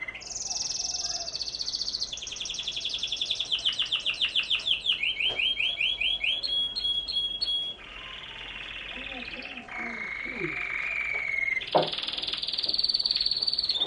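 Canary singing steadily, rapid rolling trills and descending tours of quick repeated notes, shifting from high buzzy phrases to lower rattles and back again for the whole stretch.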